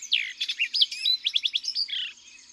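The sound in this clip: Orchard oriole song: a quick burst of slurred whistles, then a run of five or six sharp, evenly spaced notes, ending in a short buzzy slur.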